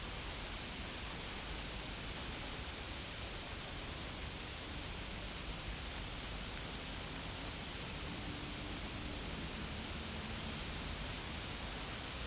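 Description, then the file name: Insect: after a half-second pause, insects start a loud, high buzz that runs in long bursts separated by short gaps. Insects in a field. "Insects In The Field"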